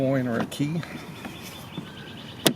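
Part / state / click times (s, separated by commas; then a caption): access cover latch on a pop-up camper exterior panel / seated / 2.5 s. Someone talks while a snap-in latch on an exterior access cover of a 2009 Rookwood Premier pop-up camper is turned with fingers, a coin or a key to lock it in place for travel. One sharp click is heard at 2.5 s as the latch turns to lock, and the cover is seated and locked.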